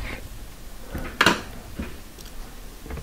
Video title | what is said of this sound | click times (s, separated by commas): ✨ How To Fix A Bosch Dishwasher That Isn’t Filling With Water ✨ | toward me toward the front of the dishwasher i want it to click into place very important | 1.2 s